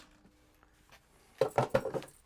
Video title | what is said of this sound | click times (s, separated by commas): I Ditched My DE Filter for a 27” Hayward Sand Filter | Crazy it's spinning like that cuz the other one didn't do that. And it looks cross-threaded, so that's probably an issue. | 1.4 s, 1.6 s, 1.8 s